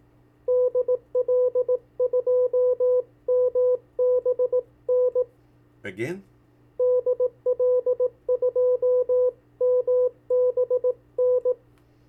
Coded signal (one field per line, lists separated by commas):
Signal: Morse code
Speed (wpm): 18 wpm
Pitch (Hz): 500 Hz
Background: speech, radio noise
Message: DL2MBN DL2MBN